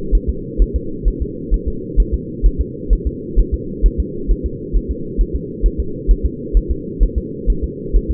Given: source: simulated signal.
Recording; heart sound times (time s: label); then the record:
fetal heart sounds
0.15 s: S1
0.30 s: S2
0.62 s: S1
0.76 s: S2
1.08 s: S1
1.22 s: S2
1.54 s: S1
1.68 s: S2
2.00 s: S1
2.14 s: S2
2.46 s: S1
2.61 s: S2
2.93 s: S1
3.07 s: S2
3.39 s: S1
3.54 s: S2
3.86 s: S1
4.00 s: S2
4.31 s: S1
4.46 s: S2
4.76 s: S1
4.91 s: S2
5.21 s: S1
5.36 s: S2
5.66 s: S1
5.80 s: S2
6.11 s: S1
6.25 s: S2
6.57 s: S1
6.71 s: S2
7.03 s: S1
7.18 s: S2
7.50 s: S1
7.64 s: S2
7.96 s: S1
8.11 s: S2
From the record:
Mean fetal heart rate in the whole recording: 130 bpm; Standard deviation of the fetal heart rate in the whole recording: 2 bpm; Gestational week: 36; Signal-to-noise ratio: -4.3 dB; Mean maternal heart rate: 72 bpm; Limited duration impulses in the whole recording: absent